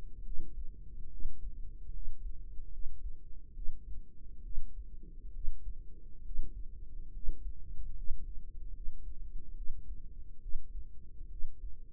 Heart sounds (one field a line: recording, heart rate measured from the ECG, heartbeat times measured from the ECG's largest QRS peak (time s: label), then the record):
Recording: heart sounds by microphone in the right ear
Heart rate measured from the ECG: 71 bpm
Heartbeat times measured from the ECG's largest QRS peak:
0.21 s: heartbeat
1.07 s: heartbeat
1.90 s: heartbeat
2.69 s: heartbeat
3.52 s: heartbeat
4.40 s: heartbeat
5.30 s: heartbeat
6.21 s: heartbeat
7.10 s: heartbeat
7.93 s: heartbeat
8.71 s: heartbeat
9.53 s: heartbeat
10.39 s: heartbeat
11.27 s: heartbeat
From the record:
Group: healthy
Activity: rest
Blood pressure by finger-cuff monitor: 112/66 mmHg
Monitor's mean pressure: 81 mmHg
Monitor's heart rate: 69 bpm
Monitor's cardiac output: 5.6 L/min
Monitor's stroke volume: 79 mL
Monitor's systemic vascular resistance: 1050 dyn s/cm5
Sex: female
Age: 32 years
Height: 168 cm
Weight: 61.9 kg